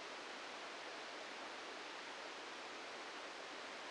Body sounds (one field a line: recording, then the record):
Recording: brain microelectrode recording played as sound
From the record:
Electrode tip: inside the subthalamic nucleus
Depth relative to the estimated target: 0 mm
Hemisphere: left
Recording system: NeuroSet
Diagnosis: Parkinson's disease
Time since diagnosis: 14 years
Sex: male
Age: 51 years